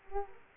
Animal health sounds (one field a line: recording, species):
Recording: mosquito wingbeat signal from an infrared sensor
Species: Culex quinquefasciatus